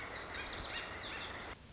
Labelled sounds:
Lazuli Bunting (Passerina amoena)

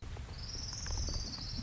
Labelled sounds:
Orange-crowned Warbler (Leiothlypis celata)

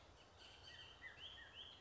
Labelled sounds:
Bullock's Oriole (Icterus bullockii)

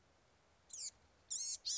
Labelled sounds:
Blue-gray Gnatcatcher (Polioptila caerulea)

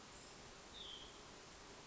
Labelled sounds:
Hutton's Vireo (Vireo huttoni)

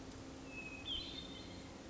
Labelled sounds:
Hermit Thrush (Catharus guttatus)

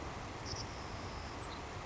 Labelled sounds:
Savannah Sparrow (Passerculus sandwichensis)

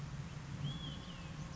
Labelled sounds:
Olive-sided Flycatcher (Contopus cooperi)

